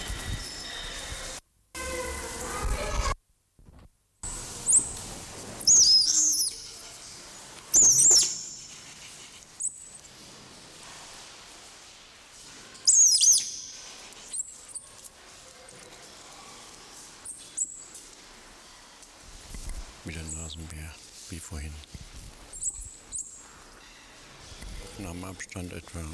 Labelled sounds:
South American Coati (Nasua nasua) call
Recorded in captivity
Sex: pair
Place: Zoo Halle, Sachsen-Anhalt, DE
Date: 1996-03-08 15:31
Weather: sonnig, 3°C
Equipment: Sony WM-D6C, Sennheiser ME 80, Kopie Uher 4000 Report Monitor
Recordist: Tembrock, Günter

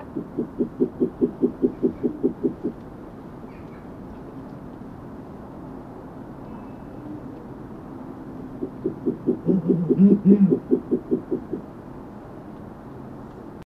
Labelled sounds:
Brown Fish Owl (Ketupa zeylonensis) call, Spectacled Owl (Pulsatrix perspicillata)
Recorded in captivity
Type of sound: call
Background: Pulsatrix perspicillata
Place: Zoo Hannover, Niedersachsen, DE
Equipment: Halbspur, 9,5 cm/s
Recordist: Lütgens, Hans
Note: Zwei Tiere mit Brillenkauz

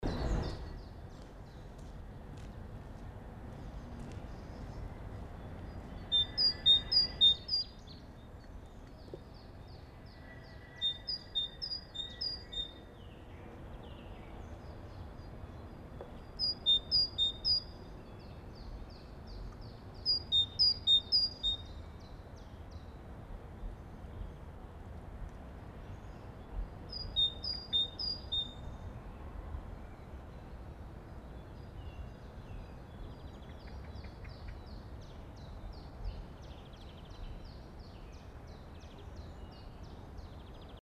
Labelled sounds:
Great Tit (Parus major) song, Common Chiffchaff (Phylloscopus collybita)
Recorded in the wild
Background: Phylloscopus collybita
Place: Lana, Bozen, IT
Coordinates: 46.5903, 11.1469
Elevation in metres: 699
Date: 1981-03-29
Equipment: Uher 4000 Report, Sennheiser MKH 815 T
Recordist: Tretzel, Erwin
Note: Am Wahlweg, Bergschenke, Lana bei Bozen, Italien: Gesang "zidä"

